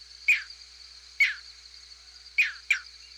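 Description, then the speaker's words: Green Heron flight calls: four short, sharp, high notes at irregular intervals, each a quick downward burst, with quiet steady background between. Nocturnal flight call given during night migration, recorded outdoors overnight with handmade microphones. "Known as nocturnal flight calls, many species can be identified based on their signature sound, like this green heron."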